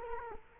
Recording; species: mosquito wingbeat signal from an infrared sensor; Culex quinquefasciatus